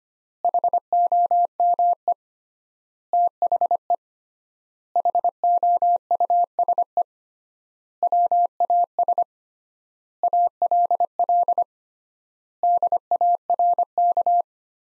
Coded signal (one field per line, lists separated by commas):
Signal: Morse code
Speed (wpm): 25 wpm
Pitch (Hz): 700 Hz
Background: none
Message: HOME THE HOUSE WAS ALL DARK